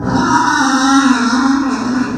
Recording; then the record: squeal of a Yucatan mini pig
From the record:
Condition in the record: after surgery on the right vocal fold (resection and tissue-engineered implant); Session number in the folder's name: 7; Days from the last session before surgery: 47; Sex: female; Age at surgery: 19 weeks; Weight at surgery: 25 kg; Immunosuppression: prednisolone